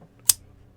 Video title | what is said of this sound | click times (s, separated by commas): Near Perfect Affordable Flipper EDC Gent Knife | positive lock up | 0.3 s